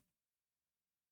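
A plastic reactor part, parts 4C and 4B of a die-cast Back to the Future DeLorean Time Machine model car kit, is pressed through the keyed notch of its housing and then twisted so it locks against the side. Only a brief, faint handling noise is heard at the very start, fading within about 0.1 seconds into near silence for the rest of the clip. Nothing has seated or clicked yet.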